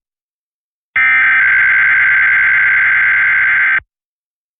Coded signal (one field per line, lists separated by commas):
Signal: Emergency Alert System (SAME) tones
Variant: header bursts